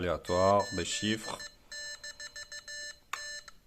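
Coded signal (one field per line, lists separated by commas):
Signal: Morse code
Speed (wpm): 15 wpm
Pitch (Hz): 1750 Hz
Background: speech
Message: 8 - T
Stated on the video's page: Morse from the Morserino-32, an open-source electronic keyer and trainer for learning Morse.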